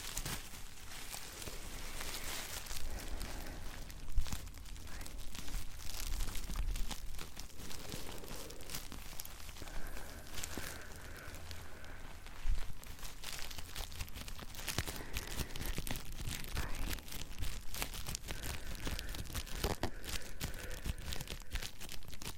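Hands move and rub over something, producing dense, layered crinkling and crunching with frequent sharp clicks and taps spread throughout. A faint low hum runs underneath, and brighter rustling textures shift in and out, with a few louder pops near 4 and 12.5 seconds.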